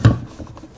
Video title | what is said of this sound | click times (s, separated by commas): Best Above Ground Pool Pump in 2024 - Top Choice Pump for Your Above Ground Pool | back into position you'll hear it kind of click into place and then again we're looking right at | 0.1 s